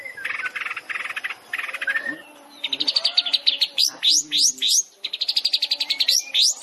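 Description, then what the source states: Long-tailed shrike song: buzzy mid-pitched bursts, then fast runs of high notes and quick sweeping notes. Long-tailed shrike song compiled as a masteran training track for other shrikes, featuring full tembakan (rapid bursts).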